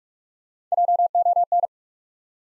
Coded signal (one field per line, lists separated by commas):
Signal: Morse code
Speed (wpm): 42 wpm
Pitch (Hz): 700 Hz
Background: none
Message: JON